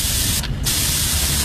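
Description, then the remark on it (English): A spray paint can hisses loudly in a steady blast as a big X is sprayed onto the pavement outside an office, pauses briefly, then sprays again, with no voices. “You can't come here and spray paint all over the pavement.”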